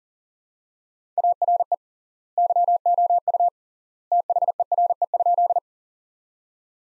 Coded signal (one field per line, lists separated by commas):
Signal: Morse code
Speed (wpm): 40 wpm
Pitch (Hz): 700 Hz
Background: none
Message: ARE YOU THERE?